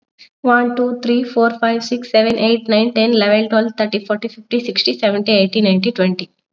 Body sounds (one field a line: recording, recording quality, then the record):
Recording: counting at a fast pace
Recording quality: excellent, no background noise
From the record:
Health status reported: COVID-19 positive, mild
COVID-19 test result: positive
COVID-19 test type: RT-PCR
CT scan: not taken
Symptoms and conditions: cough, fever, fatigue, muscle pain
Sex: female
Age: 24 years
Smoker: no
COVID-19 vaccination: both doses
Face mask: worn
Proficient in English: yes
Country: India